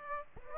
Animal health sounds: mosquito wingbeat signal from an infrared sensor; Aedes aegypti

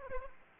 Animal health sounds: mosquito wingbeat signal from an infrared sensor; Aedes aegypti

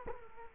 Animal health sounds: mosquito wingbeat signal from an infrared sensor; Culex quinquefasciatus

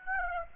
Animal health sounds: mosquito wingbeat signal from an infrared sensor; Aedes aegypti

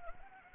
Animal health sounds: mosquito wingbeat signal from an infrared sensor; Anopheles arabiensis

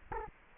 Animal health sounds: mosquito wingbeat signal from an infrared sensor; Culex quinquefasciatus

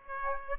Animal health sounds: mosquito wingbeat signal from an infrared sensor; Aedes aegypti

